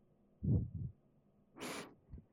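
Soft low double thump, then a brief rustling burst and another thump: a slow, calm adult heartbeat heard at the chest in an ASMR sleep roleplay, meant to settle the listener and make them drowsy.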